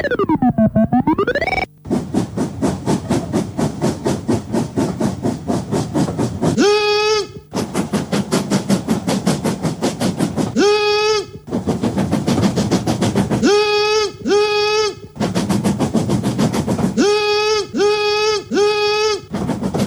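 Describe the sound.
A person vocally imitates a train: a sliding whistle-like hoot, then steady rapid chugging puffs broken by loud tonal whistle blasts, the last three coming in quick succession.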